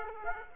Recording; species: mosquito wingbeat signal from an infrared sensor; Aedes aegypti